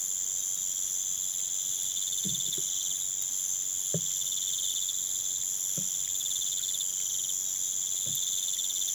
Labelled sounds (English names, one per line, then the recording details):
none
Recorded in pastures near Puerto Asís, Putumayo, Colombia, on 30 June 2025 at 01:30
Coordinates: 0.486, -76.323
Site H29